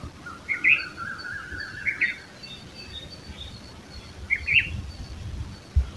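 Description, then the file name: Red-vented bulbul: short chirpy phrases in a few bursts, overlapped by a long whistled tone and other faint notes, with a soft thump near the end. "Red vented Bulbul Pycnonotus cafer"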